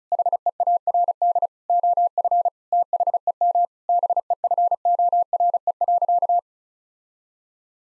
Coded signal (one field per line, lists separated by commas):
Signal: Morse code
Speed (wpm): 36 wpm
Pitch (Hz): 700 Hz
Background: none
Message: HEARD OF THEM BEFORE.